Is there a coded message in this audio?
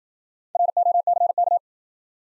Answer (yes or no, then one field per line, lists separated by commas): yes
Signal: Morse code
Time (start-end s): 0.6-1.6 s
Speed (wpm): 53 wpm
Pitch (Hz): 700 Hz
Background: none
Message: ROCK